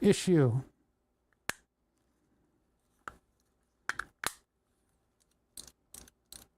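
While a BMW turn-signal stalk is being reassembled for a sim rig, an internal plastic part is pressed into position in the stalk housing. Someone talks briefly at the start, then sharp plastic clicks come at about 1.5, 3.1, 3.9, 4.0 and 4.3 seconds, with softer clicking clusters near 5.6 to 6.5 seconds. Nothing has seated yet; the part is still being handled when the clip ends.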